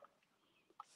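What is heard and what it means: A bobbin case is pushed by hand from underneath the sewing head into the hook assembly of a King Quilter 2 longarm quilting machine. After a faint tick near the start, a loud, sharp snap at 0.8 s marks the bobbin case seating in place.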